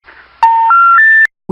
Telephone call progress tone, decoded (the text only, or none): special information tone